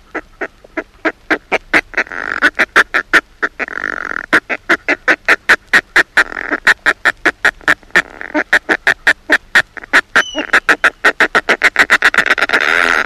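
Northern fulmar cackling: a long run of harsh, rapid, evenly spaced pulses.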